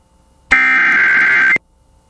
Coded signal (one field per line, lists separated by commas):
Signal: Emergency Alert System (SAME) tones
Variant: header bursts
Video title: (EAS #11) California TORNADO WARNING on KALT-FM